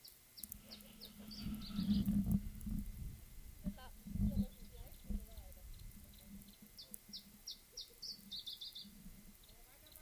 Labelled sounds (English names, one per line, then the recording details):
Iberian Chiffchaff
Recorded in the wild
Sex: diverse
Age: adult
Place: Bei Lanestosa, Nordspanien, Baskenland, ES
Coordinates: 43.2333, -3.43333
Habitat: mountain side
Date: 1964-05-05 13:40
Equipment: Nagra III PH, Parabolspiegelmikrophon, LGS26
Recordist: Sapper and Schneider, H.-J